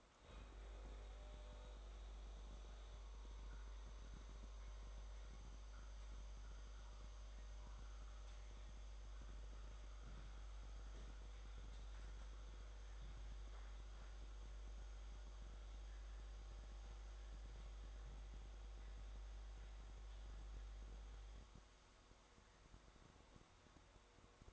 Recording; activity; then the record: daily activity, microphone in the room; make coffee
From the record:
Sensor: 3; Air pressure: 1004.2 hPa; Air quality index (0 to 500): 200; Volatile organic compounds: 15 ppm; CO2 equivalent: 2496 ppm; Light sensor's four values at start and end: 5/12/4/4 and 5/12/4/4